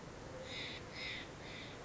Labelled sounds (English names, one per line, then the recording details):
Steller's Jay
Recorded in Sonoma County, California